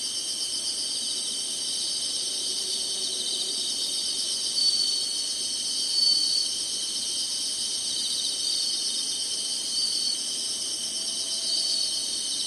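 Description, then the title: Insects trilling together in a constant high-pitched hiss-like chorus, with rapid pulsing and two brief sharp chirps in the middle. Summer. "SINGING INSECTS SUMMER"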